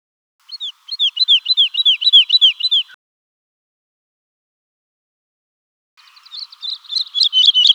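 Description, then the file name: Woodlark song, a repeated series of sweet downslurred fluting notes for about two seconds, then after a pause a faster rolling phrase of high notes. "Hedelaerke"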